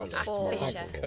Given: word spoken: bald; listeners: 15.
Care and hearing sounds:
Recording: one English word in noise, from a listening test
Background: four-talker babble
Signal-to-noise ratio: -0.8 dB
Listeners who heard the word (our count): 0 of 15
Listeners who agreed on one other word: 8 of 15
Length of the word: 0.66 s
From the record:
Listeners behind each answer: 8, 2, 1, 1, 1, 1, 1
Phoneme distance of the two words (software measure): 40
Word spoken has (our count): 1 syllable, 4 phonemes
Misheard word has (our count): 2 syllables, 4 phonemes, stress on syllable 1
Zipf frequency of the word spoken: 3.72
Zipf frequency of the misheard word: 3.75

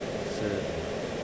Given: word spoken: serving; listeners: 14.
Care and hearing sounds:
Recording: one English word in noise, from a listening test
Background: speech-shaped noise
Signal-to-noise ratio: -4.5 dB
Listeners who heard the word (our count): 2 of 14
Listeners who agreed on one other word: 6 of 14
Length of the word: 0.84 s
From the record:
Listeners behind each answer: 6, 2, 1, 1, 1, 1, 1, 1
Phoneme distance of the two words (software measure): 27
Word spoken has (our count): 2 syllables, 5 phonemes, stress on syllable 1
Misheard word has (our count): 2 syllables, 6 phonemes, stress on syllable 1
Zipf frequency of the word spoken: 4.45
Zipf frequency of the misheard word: 4.02

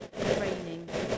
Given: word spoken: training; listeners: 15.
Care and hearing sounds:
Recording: one English word in noise, from a listening test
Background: noise modulated by three-talker babble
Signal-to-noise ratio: -7.1 dB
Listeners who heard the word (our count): 2 of 15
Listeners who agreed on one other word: 7 of 15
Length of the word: 0.78 s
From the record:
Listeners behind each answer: 7, 4, 2, 1, 1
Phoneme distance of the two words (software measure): 7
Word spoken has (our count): 2 syllables, 6 phonemes, stress on syllable 1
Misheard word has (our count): 2 syllables, 5 phonemes, stress on syllable 1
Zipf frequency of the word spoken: 4.99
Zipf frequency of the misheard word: 4.07

